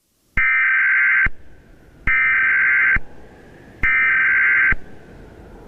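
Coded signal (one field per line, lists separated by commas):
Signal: Emergency Alert System (SAME) tones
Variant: header bursts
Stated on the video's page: Fictional volcanic eruption EAS scenario.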